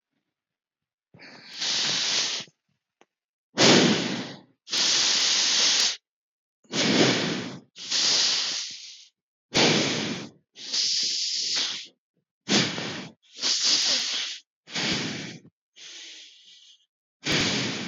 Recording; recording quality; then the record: deep breathing; excellent, no background noise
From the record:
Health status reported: healthy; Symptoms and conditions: cold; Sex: male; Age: 29 years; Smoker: no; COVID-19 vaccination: one dose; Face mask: not worn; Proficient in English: yes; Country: India